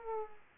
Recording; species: mosquito wingbeat signal from an infrared sensor; Aedes aegypti